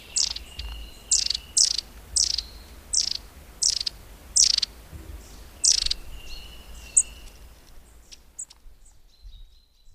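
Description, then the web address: Long-tailed tit giving thin, high calls: a series of sharp, descending notes with a few level thin whistles between them. "agykontroll Madardalok Cd 1. Őszapó"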